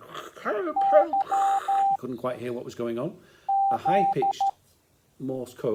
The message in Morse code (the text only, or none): Y Z